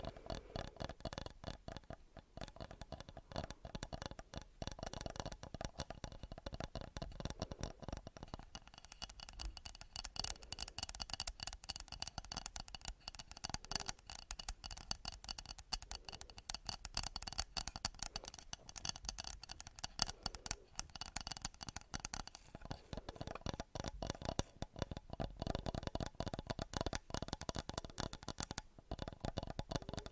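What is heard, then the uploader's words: Glass is tapped in a rapid, dense stream of sharp little clicks that barely pause across the whole half minute. From about eight to twenty-two seconds the taps turn thinner and brighter, losing their low body, before the fuller clatter returns. ASMR Glass Tapping for Sleep.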